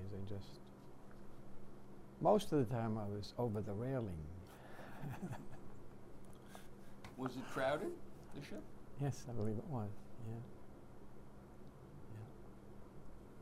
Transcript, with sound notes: I just — most of the time, I was over the railing. [chuckles]
Was it crowded? The ship?
Yes, I believe it was. Yeah. Yeah.